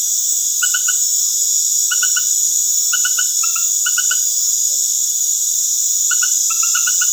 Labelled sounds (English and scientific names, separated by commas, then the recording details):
none
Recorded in dense forest near Puerto Asís, Putumayo, Colombia, on 19 February 2024 at 19:00
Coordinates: 0.505, -76.324
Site G6467